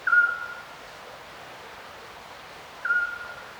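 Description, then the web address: Little owl, two short high whistled calls about three seconds apart against a quiet, even hiss. Little owl calling at night by a river, recorded distant. "Ivo Vicic - Natural ambiences vol 1. Little owl river night distant"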